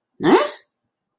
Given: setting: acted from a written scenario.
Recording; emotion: vocal sound without words; negative surprise